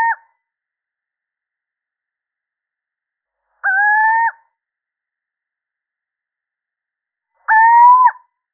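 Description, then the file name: Little owl giving repeated mewing hoots, three steady notes roughly four seconds apart, nothing else audible. Male little owl (sýček obecný). "Sycek obecny samec"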